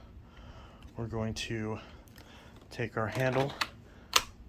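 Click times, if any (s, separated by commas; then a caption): 4.2 s. Someone talks as the plastic handle at the top of the hose on a Shark PowerDetect DuoClean (AZ4002W) vacuum is clicked into the wand/body, giving one loud, sharp click at 4.2 s. The handle is seated, though the parts do not click in very well.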